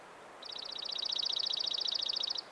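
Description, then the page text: Dark-eyed junco trill: a single rapid, even trill of many identical chipping notes, lasting about two seconds, over faint background noise. "Атлас птиц - Серый юнко. Junco hyemalis"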